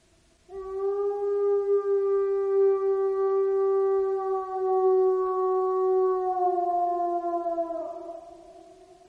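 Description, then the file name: Wolf howling one long sustained note, steady in pitch for about seven seconds, then sliding slightly downward as it fades out near the end. Solitary wolf howling at Cooper Creek, recorded 13 March 2016 at about 01:48 at night. "Cooper Creek 20160313 014852 Solitary Wolf Howl Very Clear"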